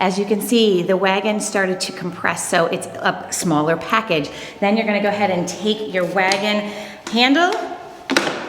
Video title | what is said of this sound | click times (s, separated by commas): BOB Gear Renegade Wagon - Is It Worth the Hype? | put it down there it locks into place | 8.1 s, 8.2 s